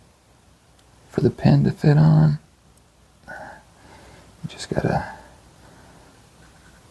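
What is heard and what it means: A small plastic cannon is handled before being pushed onto the mounting peg on top of a toy figure. Someone talks as faint handling sounds and a soft tick are heard. Nothing has seated or clicked yet.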